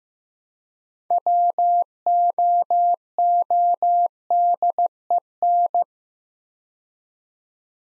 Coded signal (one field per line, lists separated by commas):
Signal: Morse code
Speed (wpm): 15 wpm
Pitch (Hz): 700 Hz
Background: none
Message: WOODEN